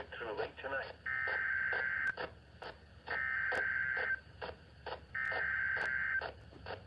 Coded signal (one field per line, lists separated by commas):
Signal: Emergency Alert System (SAME) tones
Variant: header bursts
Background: speech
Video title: EAS Flood Warning #7 5/13/25 (Credit Goes To @SouthernPennsylvaniaWX)